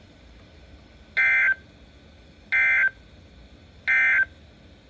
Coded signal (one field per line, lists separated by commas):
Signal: Emergency Alert System (SAME) tones